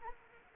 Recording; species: mosquito wingbeat signal from an infrared sensor; Anopheles arabiensis